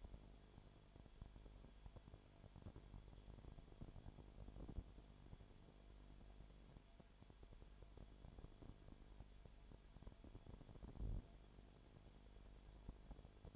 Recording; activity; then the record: daily activity, microphone in the room; no activity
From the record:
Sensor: 5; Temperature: 19.9 degrees Celsius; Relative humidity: 37.1%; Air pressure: 1007.4 hPa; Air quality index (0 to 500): 84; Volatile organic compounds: 1 ppm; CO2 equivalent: 962 ppm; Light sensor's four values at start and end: 2/3/1/1 and 2/3/1/1